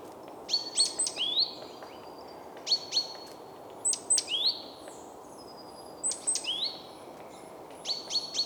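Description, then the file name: Great tit calls: high sharp ticks followed by slurred notes, given in short bursts roughly every one to two seconds over a steady low background hiss. "Parus major"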